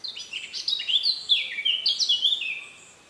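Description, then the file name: Eurasian blackcap singing a short, fast phrase of bright warbled notes that fades away at the end. "Sylvia atricapilla"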